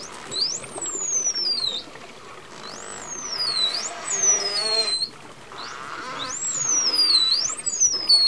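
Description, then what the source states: Dolphin whistles in bouts, each a quick upward sweep followed by a long falling glide, repeated several times with buzzy pulsed bursts and scattered clicks. Dolphins recorded underwater, communicating.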